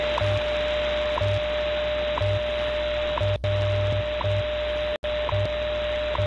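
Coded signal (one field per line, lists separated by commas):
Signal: radio time signal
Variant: WWV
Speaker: this one is on 15 megahertz WWV 15 megahertz and we'll compare of course to antennas the w6 LVP amplified magnetic loop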